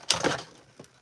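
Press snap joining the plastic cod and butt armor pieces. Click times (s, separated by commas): 0.1 s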